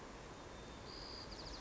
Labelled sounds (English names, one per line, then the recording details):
White-crowned Sparrow
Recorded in Sonoma County, California